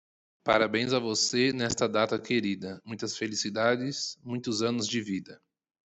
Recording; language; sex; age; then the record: short text; Brazilian Portuguese; male; 20 to 29 years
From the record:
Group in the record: control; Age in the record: 24 years